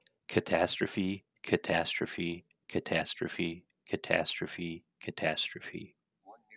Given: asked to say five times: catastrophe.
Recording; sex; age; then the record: repeated word; male; 40 to 49 years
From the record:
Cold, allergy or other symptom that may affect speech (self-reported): no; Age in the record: 48 years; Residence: Oregon, United States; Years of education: 14